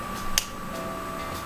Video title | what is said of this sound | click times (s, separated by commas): Découverte Beauté + Crash Test : It Style | se clipse bien. | 0.4 s